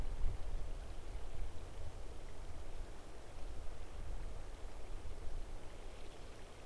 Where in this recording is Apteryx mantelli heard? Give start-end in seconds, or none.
none